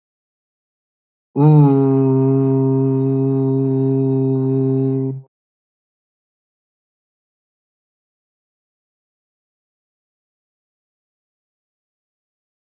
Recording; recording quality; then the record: sustained vowel as in boot; excellent, no background noise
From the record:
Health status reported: healthy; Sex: male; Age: 36 years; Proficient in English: yes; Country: India